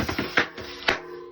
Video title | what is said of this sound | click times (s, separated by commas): Tubeless Tyre Installation | And you can hear that it pops into place. | 0.4 s, 0.9 s